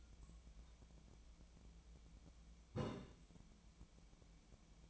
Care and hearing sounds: daily activity, microphone in the room; take from stove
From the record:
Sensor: 1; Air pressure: 1010.1 hPa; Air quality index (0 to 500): 187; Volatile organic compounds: 17 ppm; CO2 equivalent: 2570 ppm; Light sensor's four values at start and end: 39/99/41/51 and 39/99/41/51

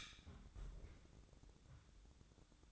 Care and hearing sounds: daily activity, microphone in the room; close fridge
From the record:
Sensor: 3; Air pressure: 1007.7 hPa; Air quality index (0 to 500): 53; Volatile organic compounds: 1 ppm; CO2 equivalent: 589 ppm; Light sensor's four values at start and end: 13/30/13/13 and 13/30/13/13

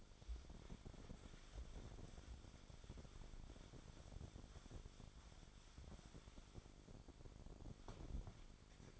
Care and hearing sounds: daily activity, microphone in the room; wipe stove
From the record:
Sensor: 5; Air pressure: 1007.1 hPa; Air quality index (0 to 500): 174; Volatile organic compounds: 4 ppm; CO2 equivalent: 1664 ppm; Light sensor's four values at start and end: 52/143/57/57 and 52/141/56/56

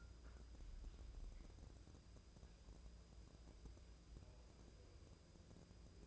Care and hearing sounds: daily activity, microphone in the room; wipe stove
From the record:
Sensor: 2

